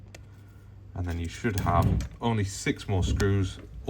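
A flex cable connector is pressed onto its socket on the logic board of an iPhone 12 Pro during a rebuild inside a new housing, giving a single short, sharp snap at 0.2 s as it seats. Someone then talks over a low background hum.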